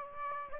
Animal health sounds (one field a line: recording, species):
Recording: mosquito wingbeat signal from an infrared sensor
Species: Aedes aegypti